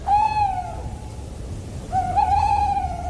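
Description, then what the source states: Tawny owl hooting: a short hollow hoot, a pause, then a longer wavering hoo note held about a second, over a low background hum. Played in a radio sound quiz; a well-known night-time sound, said to cause fear in the forest.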